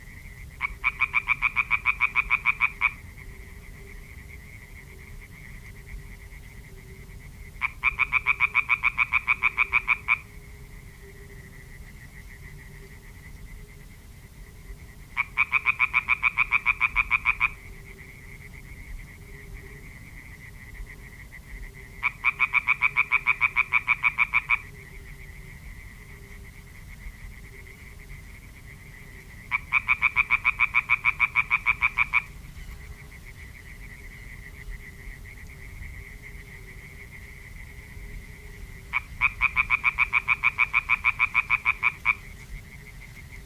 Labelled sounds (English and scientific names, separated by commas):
Common Tree Frog (Hyla arborea) call